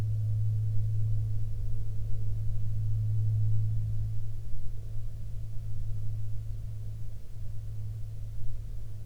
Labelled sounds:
aircraft

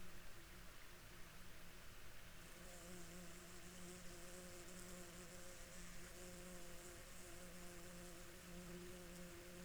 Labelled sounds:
water
insects

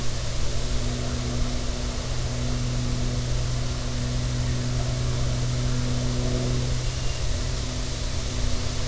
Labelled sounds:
machinery
flare stack
insects

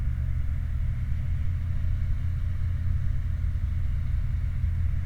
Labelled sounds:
truck

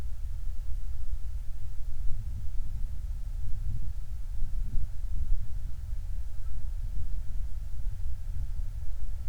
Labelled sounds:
flare stack

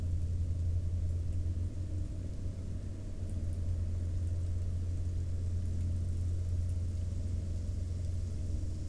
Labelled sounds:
rain
man-made sound

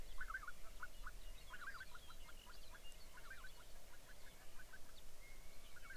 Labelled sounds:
songbird
waterfowl

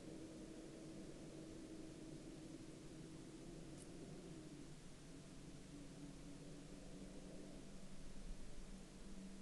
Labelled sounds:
man-made sound

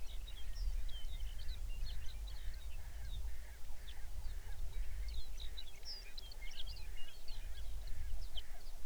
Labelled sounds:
songbird

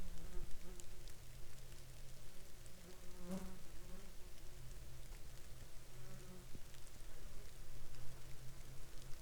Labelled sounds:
wind
rain
man-made sound
animal

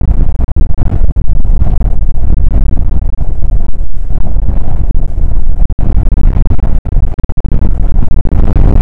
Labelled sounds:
wind

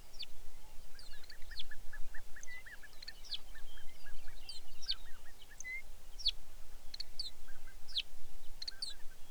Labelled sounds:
songbird
waterfowl

